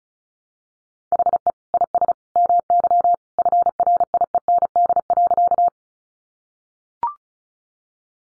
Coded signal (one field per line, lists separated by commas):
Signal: Morse code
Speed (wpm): 34 wpm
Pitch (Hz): 700 Hz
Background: none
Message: HE IS MY FRIEND.